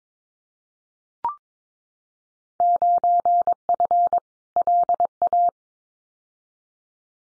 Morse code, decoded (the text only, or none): 9F LA